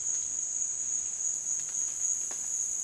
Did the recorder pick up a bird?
no